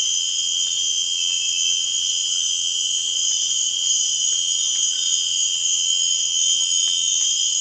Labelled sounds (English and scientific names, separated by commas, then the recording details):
none
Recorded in dense forest near Puerto Asís, Putumayo, Colombia, on 25 June 2025 at 00:30
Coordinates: 0.468, -76.322
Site GP03